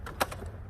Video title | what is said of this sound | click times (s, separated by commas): Is it the best cordless mower? The NEW DeWalt Self-propelled 20v X2 40v Mower is here! | lock into place we're all set | 0.2 s